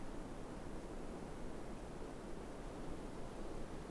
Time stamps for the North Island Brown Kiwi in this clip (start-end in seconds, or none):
none